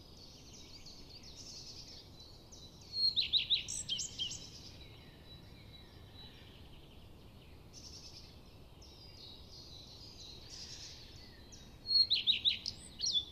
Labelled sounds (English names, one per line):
Common Redstart song